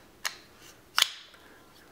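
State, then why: Seated. A small flashlight is pushed into a homemade Kydex belt holster. A sharp tick sounds at about 0.3 s, then a louder, brighter snap at 1.0 s as the flashlight seats firmly in the holster.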